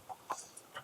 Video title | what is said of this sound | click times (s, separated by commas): No Blinker? Diagnose and Repair Turn Signal Issues | So, we're going to go into this one right up here and just uh turn it counterclockwise. You heard a click there | 0.6 s, 0.8 s